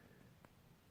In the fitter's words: je me suis qu'il est bien placé on l'entend du clip